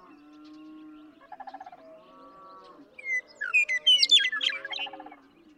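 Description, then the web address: Western meadowlark song: a rapid, tumbling run of clear whistles and gurgles in the second half, with low pulsed croaks and a steady low hum around it. "birdsongforthecurious songs Western Meadowlark"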